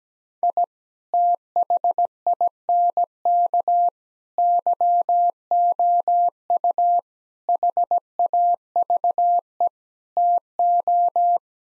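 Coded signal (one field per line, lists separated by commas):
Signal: Morse code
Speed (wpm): 17 wpm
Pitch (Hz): 700 Hz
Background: none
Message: I THINK YOU HAVE TO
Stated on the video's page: Morse code practice sentences of common five-word phrases at 17 wpm for head-copy, each sent twice with first words spoken.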